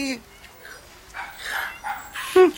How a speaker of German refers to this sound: Da hinten ist der Ausreißer. Bei den Mülltonnen. Ein Zwerg-Chihuahua. Der Hund legt sich mit den Katzen an.